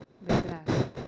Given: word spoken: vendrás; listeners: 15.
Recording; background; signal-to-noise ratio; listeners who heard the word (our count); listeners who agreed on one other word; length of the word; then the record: one Spanish word in noise, from a listening test; noise modulated by one talker; -11.7 dB; 2 of 15; 10 of 15; 0.68 s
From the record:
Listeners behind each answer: 10, 2, 1, 1, 1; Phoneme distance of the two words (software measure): 27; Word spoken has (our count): 2 syllables, 7 phonemes, stress on syllable 2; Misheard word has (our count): 2 syllables, 6 phonemes, stress on syllable 2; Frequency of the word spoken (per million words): 0.79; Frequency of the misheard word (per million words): 87.06